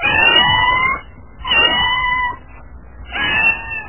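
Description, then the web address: Cat meowing: three long, drawn-out wailing meows separated by short quieter gaps, the last one cut off at the end. "koshka"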